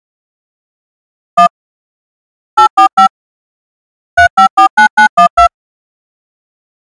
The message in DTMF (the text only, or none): 1 845 3549912